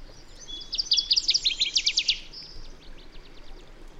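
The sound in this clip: Bird song: a loud, rapid trill of sharp high chirps building and fading over about a second, then softer repeated notes trailing off.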